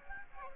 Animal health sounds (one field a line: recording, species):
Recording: mosquito wingbeat signal from an infrared sensor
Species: Aedes aegypti